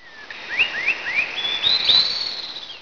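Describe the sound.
Bird calls: a series of short rising whistled notes climbing in pitch, ending in a longer high whistle that slides gently down, over a soft hiss of background noise.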